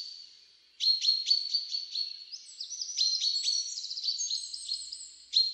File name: Fringilla coelebs